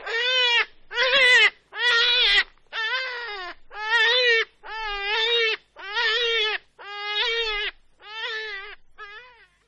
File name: zajic polni lepus europaeus